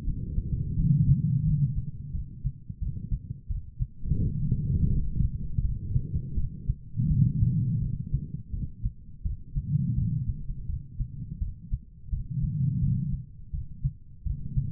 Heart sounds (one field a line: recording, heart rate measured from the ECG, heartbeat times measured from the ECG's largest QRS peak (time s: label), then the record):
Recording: heart sounds by stethoscope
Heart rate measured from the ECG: 85 bpm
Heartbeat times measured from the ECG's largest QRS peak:
0.05 s: heartbeat
0.76 s: heartbeat
1.44 s: heartbeat
2.12 s: heartbeat
2.80 s: heartbeat
3.48 s: heartbeat
4.19 s: heartbeat
4.90 s: heartbeat
5.62 s: heartbeat
6.35 s: heartbeat
7.08 s: heartbeat
7.80 s: heartbeat
8.51 s: heartbeat
9.23 s: heartbeat
9.95 s: heartbeat
10.67 s: heartbeat
11.39 s: heartbeat
12.10 s: heartbeat
12.80 s: heartbeat
13.51 s: heartbeat
14.24 s: heartbeat
From the record:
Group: healthy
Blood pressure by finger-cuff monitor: 109/70 mmHg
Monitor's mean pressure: 87 mmHg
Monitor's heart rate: 84 bpm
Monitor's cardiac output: 5.4 L/min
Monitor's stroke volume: 65 mL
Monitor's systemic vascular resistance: 1190 dyn s/cm5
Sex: female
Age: 51 years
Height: 162 cm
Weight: 70.04 kg